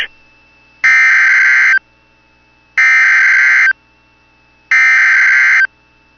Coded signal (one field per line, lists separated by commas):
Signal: Emergency Alert System (SAME) tones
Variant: header bursts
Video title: [EAS] Severe Thunderstorm Watch for Parts of Northern Minnesota (July 31, 2024)